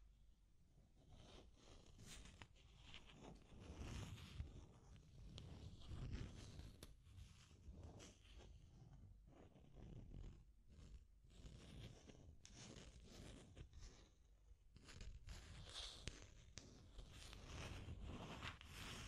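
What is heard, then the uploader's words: Deep scratching runs almost the whole way through, a dense, rough rasping with a heavy low rumble beneath it. Quick strokes come in rapid bursts with crisp bright edges, easing briefly around the ten-second mark and again near fourteen seconds. ASMR Deep Scratching. (No Talking).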